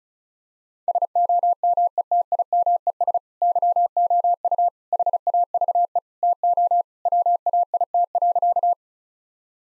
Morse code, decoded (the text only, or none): SOMETIMES YOU HAVE TO WAIT.